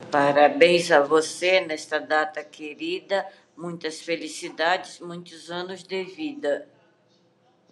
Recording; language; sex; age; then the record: short text; Brazilian Portuguese; female; 50 to 59 years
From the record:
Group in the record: control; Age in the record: 53 years